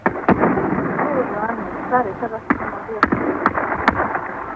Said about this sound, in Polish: Wojsko też atakuje, wojsko też atakuje. Strzelają, strzelają z broni? Strzelają strzały z broni ręcznej, pojedyncze.